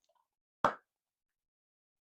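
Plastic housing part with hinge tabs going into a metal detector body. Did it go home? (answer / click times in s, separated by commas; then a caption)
yes / 0.6 s. A plastic part with tabs and hinges is pressed into the bottom of the housing of a GPZ-7000 metal detector during reassembly, done carefully so as not to damage it. After faint small ticks, one sharp, short snap at 0.7 s shows the part seating, followed by silence. The part is confirmed snapped into place.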